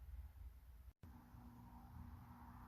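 An upgraded shifter cable clamp is handled at the shifter cable end and bracket, before it is pushed home. Steady low rumbling noise is heard, with a brief drop to near silence just before 1.0 s, then the noise returns with a faint steady hum. Nothing has seated or clicked yet.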